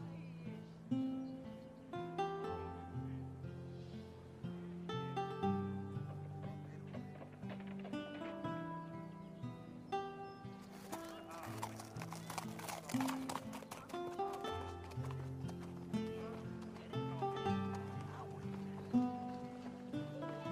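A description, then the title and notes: A quiet medieval town scene with music playing in the distance, steady plucked and sustained notes moving through a low melody. Chatter and clip-clopping horse hooves sit underneath, and a brighter, busier passage with clattering rises around the middle before settling back. Quiet medieval town | distance music/chatter/horse cart. Animals (sheep/chicken/horse/dog).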